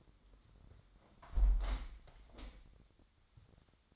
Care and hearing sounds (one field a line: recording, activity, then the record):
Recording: daily activity, microphone in the room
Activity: close window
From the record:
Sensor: 3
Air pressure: 1006.4 hPa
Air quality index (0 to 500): 186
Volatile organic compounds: 12 ppm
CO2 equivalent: 2365 ppm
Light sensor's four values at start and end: 9/22/9/9 and 9/22/9/9